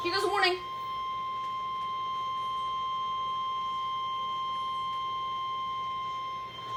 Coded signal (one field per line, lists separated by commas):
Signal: Emergency Alert System (SAME) tones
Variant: 1050 Hz attention tone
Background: speech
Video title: Severe thunderstorm warning!!! EAS 52